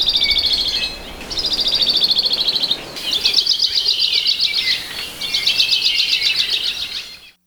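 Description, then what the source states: Hawaii creeper song: several high, rapid descending trills separated by brief pauses. Males' conspicuous descending trill; Hawaiian honeycreeper that forages by creeping along branches and trunks, probing bark for insects; Hawaiian name alawi.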